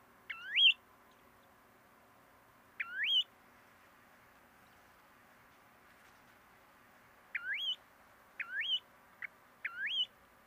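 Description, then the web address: Snowy plover calls, brief dipping-then-rising whistled notes, two given singly about two seconds apart, then after a pause of about four seconds a loose run of several; faint background hiss. "Snowy plover. صدای-پرنده-سلیم-برفی"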